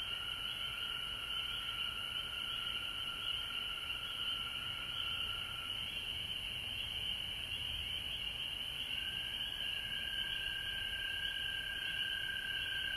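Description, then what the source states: Frogs chorusing steadily, high-pitched trills merging into a constant drone while a lower tone stops, then returns slightly higher. Frogs recorded at home in Georgia on March 19, 2020.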